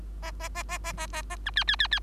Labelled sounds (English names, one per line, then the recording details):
Bengalese Finch song
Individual Bird3